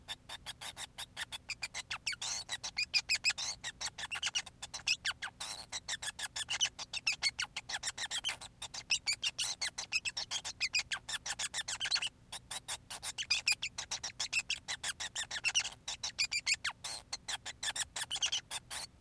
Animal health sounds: song of a male Bengalese finch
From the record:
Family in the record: son of father 5

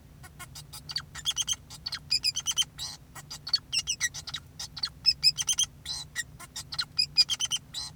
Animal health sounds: song of a male Bengalese finch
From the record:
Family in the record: son of father 2, and himself father 4

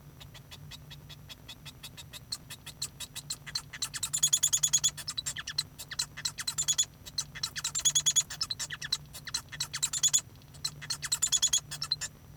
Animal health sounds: song of a male Bengalese finch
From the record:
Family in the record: son of father 1

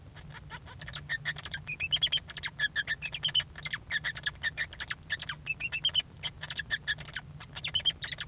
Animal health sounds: song of a male Bengalese finch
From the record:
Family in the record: son of father 2

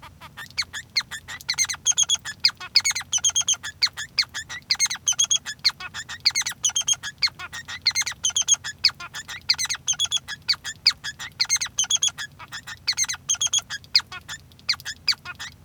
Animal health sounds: song of a male Bengalese finch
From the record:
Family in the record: son of father 3

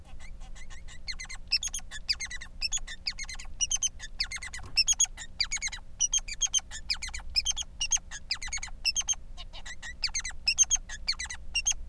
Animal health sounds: song of a male Bengalese finch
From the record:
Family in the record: son of father 3

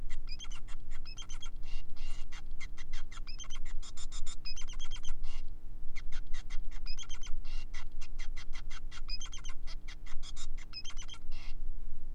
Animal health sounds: song of a male Bengalese finch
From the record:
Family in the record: son of father 5

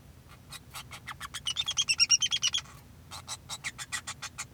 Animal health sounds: song of a male Bengalese finch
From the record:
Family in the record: son of father 2

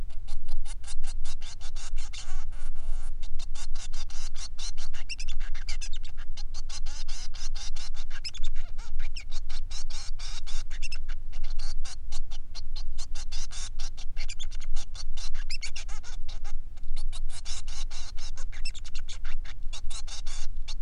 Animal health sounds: song of a male Bengalese finch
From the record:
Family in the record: son of father 3

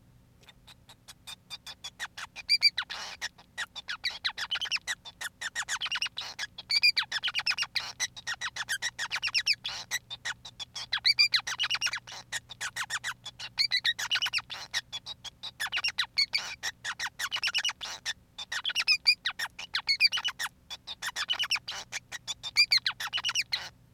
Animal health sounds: song of a male Bengalese finch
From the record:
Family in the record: son of father 5

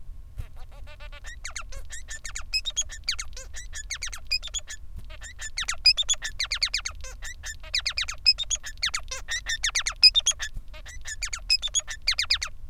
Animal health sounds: song of a male Bengalese finch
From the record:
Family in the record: son of father 3

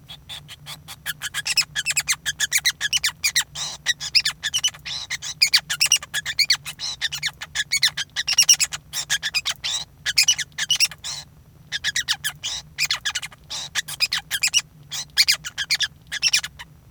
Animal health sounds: song of a male Bengalese finch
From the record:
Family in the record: son of father 5

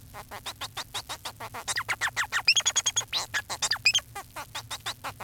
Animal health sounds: song of a male Bengalese finch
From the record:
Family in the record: son of father 4

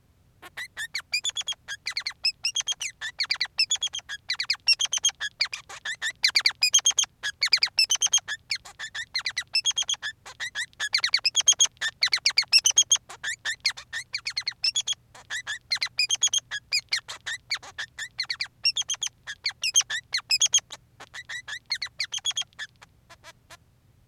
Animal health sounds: song of a male Bengalese finch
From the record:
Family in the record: son of father 3

